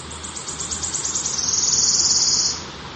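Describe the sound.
Wood warbler singing a high stuttering run of notes that quickens into a bright, sizzling trill, then cuts off.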